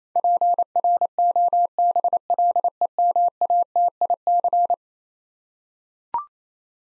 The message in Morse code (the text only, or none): PROBLEMATIC